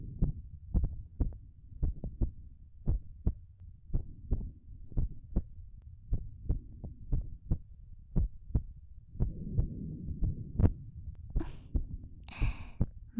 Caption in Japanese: ママの心臓の音。